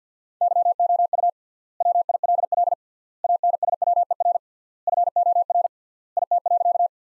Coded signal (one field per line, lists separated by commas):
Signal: Morse code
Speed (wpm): 50 wpm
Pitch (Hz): 700 Hz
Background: none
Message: YOU WILL ANSWER FOR IT.